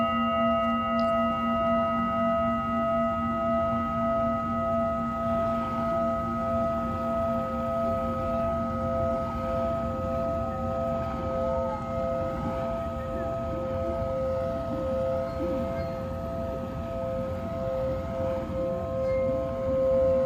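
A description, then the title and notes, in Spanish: A Tibetan singing bowl rings steadily for the whole stretch, its layered tones holding level with a slow wavering shimmer in the upper ones. Underneath runs a continuous low rumble and murmur, with faint soft movements now and then. Cuenco tibetano desde Caribe Mexicano.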